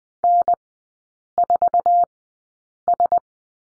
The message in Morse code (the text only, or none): N4S